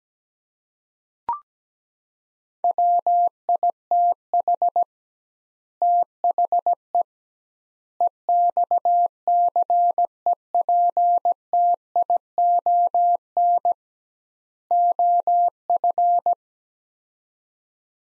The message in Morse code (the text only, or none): WITH THE EXCEPTION OF